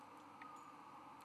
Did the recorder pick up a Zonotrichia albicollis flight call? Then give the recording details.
no. No flight call is heard. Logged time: 01:41 on 17 November 2014